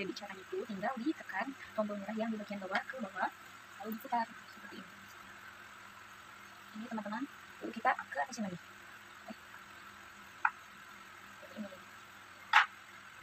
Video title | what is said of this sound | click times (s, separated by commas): Unboxing + Pemasangan sepeda lipat Bebehoo 7 in 1+ Review | jadi sampai ada bunyi truk, artinya itu sudah mengunci. | 10.4 s